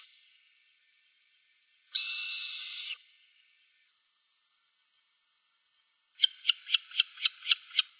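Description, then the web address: Short-eared owl hissing: one harsh, breathy hiss lasting about a second, followed after a pause by a quick run of about seven sharp, raspy pulses. "dzwieki sowy syk sowy blotnej"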